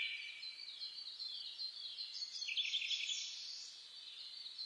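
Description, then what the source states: Birds singing together, continuous high chattering and chirps, a few crisp repeated notes in the middle. Dawn chorus birdsong recorded on 10 May 2010, at 04:01.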